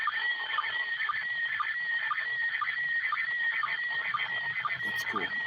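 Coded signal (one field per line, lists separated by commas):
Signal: SSTV (slow-scan television)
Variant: PD 120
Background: speech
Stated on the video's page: SSTV images received directly from the International Space Station via amateur radio.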